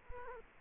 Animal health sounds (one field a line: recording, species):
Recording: mosquito wingbeat signal from an infrared sensor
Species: Culex quinquefasciatus